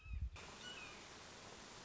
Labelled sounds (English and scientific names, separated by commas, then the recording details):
Red-shouldered Hawk (Buteo lineatus)
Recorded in Sonoma County, California